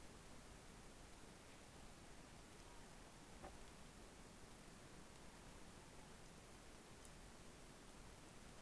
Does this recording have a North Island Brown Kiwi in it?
no